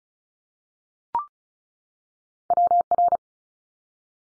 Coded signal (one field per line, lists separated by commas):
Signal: Morse code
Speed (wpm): 36 wpm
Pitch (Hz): 700 Hz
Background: none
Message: WR